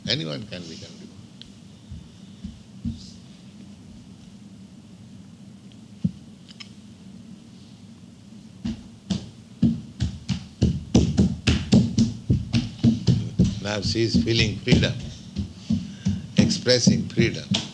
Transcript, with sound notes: Anyone can become devotee. [sound of child running in background] Now she is feeling freedom, expressing freedom.